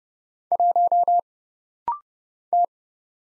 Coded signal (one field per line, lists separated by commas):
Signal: Morse code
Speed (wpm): 30 wpm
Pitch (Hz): 700 Hz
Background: none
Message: 1 T